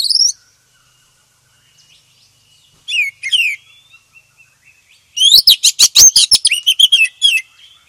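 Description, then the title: Oriental magpie-robin song: high whistled phrases and slurred notes, then a fast burst of loud, sharp chattering notes. "KACER HITAM"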